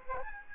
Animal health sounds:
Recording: mosquito wingbeat signal from an infrared sensor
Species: Aedes albopictus

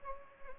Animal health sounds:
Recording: mosquito wingbeat signal from an infrared sensor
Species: Anopheles gambiae

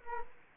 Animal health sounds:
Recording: mosquito wingbeat signal from an infrared sensor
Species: Culex quinquefasciatus

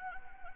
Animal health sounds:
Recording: mosquito wingbeat signal from an infrared sensor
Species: Anopheles arabiensis

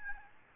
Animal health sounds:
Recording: mosquito wingbeat signal from an infrared sensor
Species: Aedes albopictus

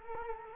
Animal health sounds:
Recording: mosquito wingbeat signal from an infrared sensor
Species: Culex quinquefasciatus

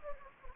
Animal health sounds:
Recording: mosquito wingbeat signal from an infrared sensor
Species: Anopheles gambiae

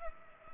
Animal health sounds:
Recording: mosquito wingbeat signal from an infrared sensor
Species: Culex pipiens

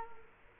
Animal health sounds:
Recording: mosquito wingbeat signal from an infrared sensor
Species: Culex quinquefasciatus

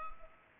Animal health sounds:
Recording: mosquito wingbeat signal from an infrared sensor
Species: Culex pipiens

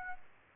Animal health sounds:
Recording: mosquito wingbeat signal from an infrared sensor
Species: Aedes aegypti

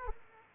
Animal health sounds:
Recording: mosquito wingbeat signal from an infrared sensor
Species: Aedes aegypti

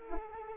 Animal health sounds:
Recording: mosquito wingbeat signal from an infrared sensor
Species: Anopheles arabiensis

